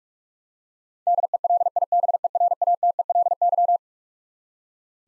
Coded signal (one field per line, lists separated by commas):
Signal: Morse code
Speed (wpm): 43 wpm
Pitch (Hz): 700 Hz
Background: none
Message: DELIBERATELY